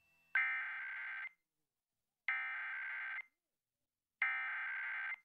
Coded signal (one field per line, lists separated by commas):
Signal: Emergency Alert System (SAME) tones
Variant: header bursts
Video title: EAS: Pennsylvania Required Monthly Tests (5/16/19) (EAS #33-36)